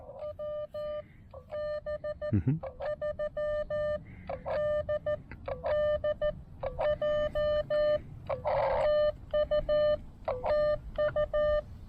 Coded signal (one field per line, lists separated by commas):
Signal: Morse code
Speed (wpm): 14 wpm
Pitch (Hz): 600 Hz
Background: none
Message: WB3DDJ TU TU